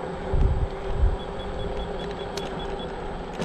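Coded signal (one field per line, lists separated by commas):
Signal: none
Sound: scooter's beeps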